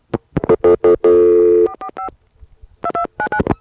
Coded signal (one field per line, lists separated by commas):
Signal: DTMF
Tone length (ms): 80 ms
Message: 445 2299